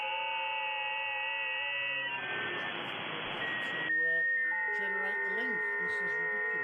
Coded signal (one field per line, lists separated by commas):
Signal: FT8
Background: speech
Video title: Livestream operating HF - both phone and FT8